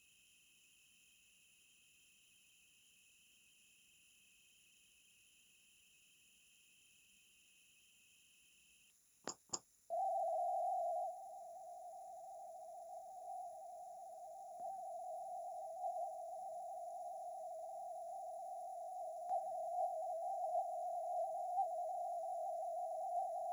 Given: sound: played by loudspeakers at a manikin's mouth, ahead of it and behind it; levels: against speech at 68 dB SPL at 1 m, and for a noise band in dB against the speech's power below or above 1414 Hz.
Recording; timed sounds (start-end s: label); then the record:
test signals for a remote microphone
0.00-8.90 s: noise band at 2828 Hz, as loud as that band is in speech
9.27 s: click
9.52 s: click
9.90-14.60 s: noise band at 707 Hz, -10 dB
14.60-19.29 s: noise band at 707 Hz, -5 dB
19.29-23.53 s: noise band at 707 Hz, 0 dB
From the record:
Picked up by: remote microphone A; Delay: 47 ms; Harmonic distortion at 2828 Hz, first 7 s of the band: under -16 dB (system noise only)